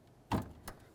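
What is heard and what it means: A plastic electrical connector is pushed onto the front door lock actuator of a 2000-2005 Buick LeSabre, seating with a sharp click at 0.3 s. A softer, brighter tick follows at 0.7 s. The connector is confirmed seated and is tugged to check that it is secure.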